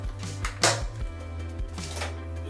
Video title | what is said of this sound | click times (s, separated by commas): Replacing a toilet seat with Bemis Whisper Close Toilet Seat | You'll just hear them snapping like so. | 0.5 s, 0.6 s